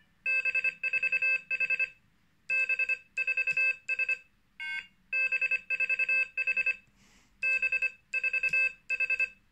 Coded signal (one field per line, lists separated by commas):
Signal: Morse code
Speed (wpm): 25 wpm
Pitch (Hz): 2600 Hz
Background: none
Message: B4H B4S B4H B4H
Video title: Morserino-32